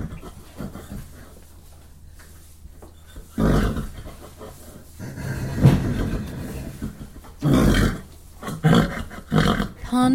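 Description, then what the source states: Horse whickers: low, throaty rumbling bursts in irregular bouts, some with breathy snorting, with quieter stretches between them. Whickering horses in stables, with one particularly dominant horse recorded from a close perspective.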